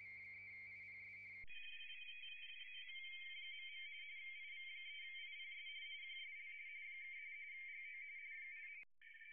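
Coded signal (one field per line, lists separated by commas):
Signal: RTTY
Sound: two overlapping rapid warbling two-tone teleprinter signals after a brief buzzy intro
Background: brief buzzy tone at start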